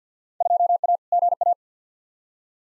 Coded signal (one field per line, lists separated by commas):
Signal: Morse code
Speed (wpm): 50 wpm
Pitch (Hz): 700 Hz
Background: none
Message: 2A GA